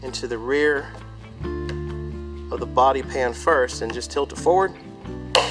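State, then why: Seated. A window bar trim piece has its rear groove locked into the rear of a car body panel and is then tilted forward onto the body while someone talks over background music. At 5.4 s a loud, sharp snap is heard as the piece clicks into place on the body.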